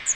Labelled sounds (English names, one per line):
Magnolia Warbler flight call